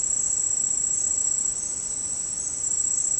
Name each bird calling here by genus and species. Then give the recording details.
none. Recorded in dense forest near Puerto Asís, Putumayo, Colombia, on 18 February 2024 at 09:30. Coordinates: 0.486, -76.316. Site G6437